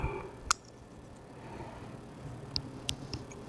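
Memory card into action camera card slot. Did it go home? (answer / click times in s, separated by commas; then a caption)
no / none. A microSD memory card is handled at the card slot of a GoPro HERO5 Black action camera. A few short, sharp ticks and taps land around 0.5, 2.6, 2.9 and 3.1 seconds over a quiet background. The card has not seated or clicked into the slot yet.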